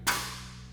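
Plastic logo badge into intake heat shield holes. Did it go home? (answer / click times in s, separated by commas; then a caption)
yes / 0.1 s. A plastic K&N logo badge is pressed into two holes in the metal heat shield of a K&N Series 77 High Flow Performance cold air intake on a 2022-2024 Tundra. A sharp snap is heard at 0.1 s and rings out, and the badge is seated.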